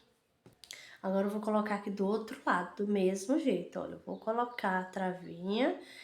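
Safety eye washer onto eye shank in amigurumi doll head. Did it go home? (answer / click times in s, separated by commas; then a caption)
yes / 0.6 s, 0.7 s. A plastic locking washer is pressed onto the shank of a 10 mm safety eye through the crocheted head of an amigurumi doll, and sharp clicks at 0.6 s and 0.7 s mark the washer snapping home. Someone then talks.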